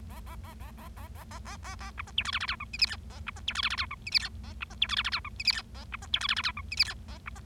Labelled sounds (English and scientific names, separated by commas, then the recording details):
Bengalese Finch (Lonchura striata domestica) song
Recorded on 25 March 2012 at 12:46
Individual gy6or6